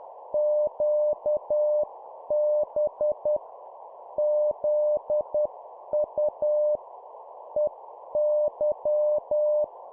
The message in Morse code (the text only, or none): QB ZU EY